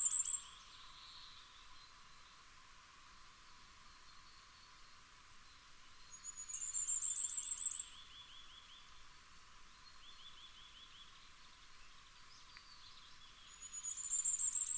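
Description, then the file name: Common firecrest song: very high, thin rapid phrases, one complete in the middle and partial ones at the start and end, separated by long quiet gaps. "Fiorrancino"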